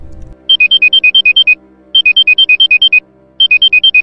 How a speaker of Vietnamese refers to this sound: Tiếng chuông báo thức vang lên. Đã 6 giờ tối, tôi nhanh chóng thức dậy đi tắm rửa.